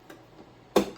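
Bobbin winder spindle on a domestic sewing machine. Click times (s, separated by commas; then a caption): 0.8 s. The small metal and plastic bobbin winder spindle on a domestic sewing machine is pushed sideways into its engaged position. A faint tick comes at 0.1 s, then a sharp, loud click at 0.8 s as the spindle snaps into place, seated and engaged.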